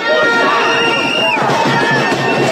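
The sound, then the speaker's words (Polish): Thousands of street protesters in Israel, gathered outside the prime minister's residence, roar in a dense, continuous din of shouting and chanting voices, with a rhythmic chant pulsing through the second half and occasional high whistles or shrieks. “na ulicach znów pojawili się protestujący i tysiące osób zarówno przed siedzibą, przed rezydencją premiera, jak i tysiące osób zablokowały główną autostradę w kraju biegnącą z Jerozolimy do Tel Awiwu.”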